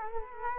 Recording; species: mosquito wingbeat signal from an infrared sensor; Culex quinquefasciatus